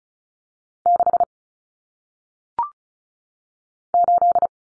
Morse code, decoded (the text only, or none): 6 8